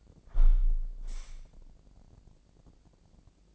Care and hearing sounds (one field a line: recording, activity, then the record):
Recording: daily activity, microphone in the room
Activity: close window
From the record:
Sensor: 5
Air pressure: 1012.4 hPa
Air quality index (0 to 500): 160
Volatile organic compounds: 2 ppm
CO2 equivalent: 1087 ppm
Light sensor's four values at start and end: 69/166/68/73 and 69/166/68/73